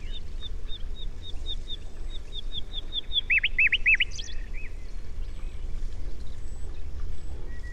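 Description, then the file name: Common nightingale song opening with a long series of soft evenly spaced high notes, then loud looping whistled phrases, with constant low background rumble. "Luscinia megarhynchos"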